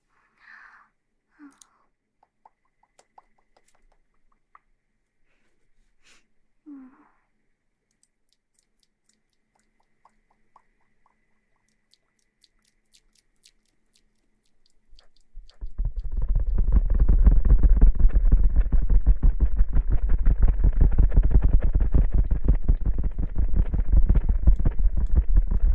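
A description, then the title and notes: For the first fifteen seconds there are only faint, scattered small sounds: a few soft squeaks and taps near the start and around six seconds, then near silence. At about fifteen seconds a water bottle is shaken, a loud, dense, continuous sloshing heavy in the low end that lasts to the end. ASMR Shaking water bottle & Ear massage.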